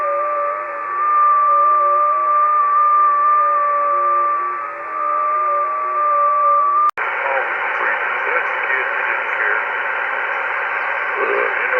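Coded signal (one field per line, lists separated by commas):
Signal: FT8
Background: speech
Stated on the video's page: Signal on an old metal screen door tried as an antenna.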